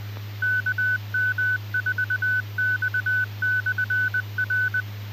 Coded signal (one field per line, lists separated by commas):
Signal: Morse code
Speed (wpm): 20 wpm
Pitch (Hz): 1500 Hz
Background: none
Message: KM4X/R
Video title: Mountain Empire Amateur Radio Society Net 10-29-2025